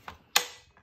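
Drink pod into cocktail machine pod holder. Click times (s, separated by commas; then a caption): 0.4 s. A sideways cocktail pod is turned and pushed into the pod holder of a cocktail maker, with a faint tap near 0.1 s before a sharp, bright click at 0.4 s that rings down over the next few tenths of a second. The pod seats nice and tight, and a soft knock follows near 0.8 s.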